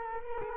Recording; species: mosquito wingbeat signal from an infrared sensor; Culex quinquefasciatus